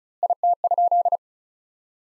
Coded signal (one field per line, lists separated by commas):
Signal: Morse code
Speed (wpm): 34 wpm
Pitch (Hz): 700 Hz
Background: none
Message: IT?